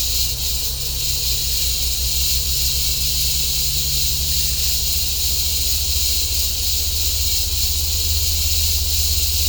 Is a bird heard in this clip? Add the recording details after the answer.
no. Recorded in secondary vegetation near Puerto Asís, Putumayo, Colombia, on 16 December 2024 at 13:00. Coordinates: 0.502, -76.326. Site G028